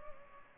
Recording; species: mosquito wingbeat signal from an infrared sensor; Culex pipiens